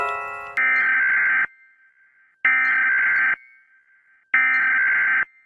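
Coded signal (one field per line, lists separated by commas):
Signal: Emergency Alert System (SAME) tones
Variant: header bursts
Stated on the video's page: Fictional EAS alarms set to a countryballs animation.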